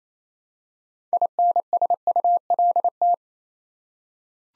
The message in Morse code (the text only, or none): INSULT